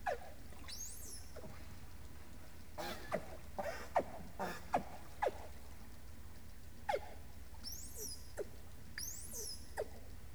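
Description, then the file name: Dolphin whistles and pulsed sounds: a few high upswept whistles, some rising then levelling, mixed with short burst-like pulses, over a steady low rumbling background. "Delle the dolphin"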